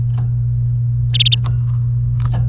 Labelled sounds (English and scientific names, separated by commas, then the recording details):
Domestic Canary (Serinus canaria) song
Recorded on 29 April 2018 at 12:18
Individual llb3